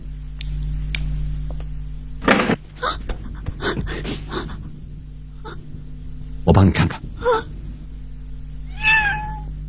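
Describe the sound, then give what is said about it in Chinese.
A cat meows a few times in short, broken calls, ending with a clearer, drawn-out tonal meow, all over a steady low electrical hum. “原来是只猫。”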